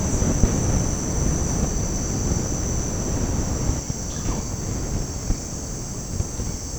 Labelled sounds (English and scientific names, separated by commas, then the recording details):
Russet-backed Oropendola (Psarocolius angustifrons)
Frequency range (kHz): Russet-backed Oropendola (Psarocolius angustifrons) 2.1-4.6 kHz
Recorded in secondary vegetation near Puerto Asís, Putumayo, Colombia, on 20 February 2024 at 07:30
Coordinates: 0.489, -76.322
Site G6419